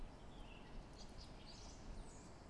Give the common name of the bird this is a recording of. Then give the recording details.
Song Thrush. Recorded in Germany. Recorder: ecoPi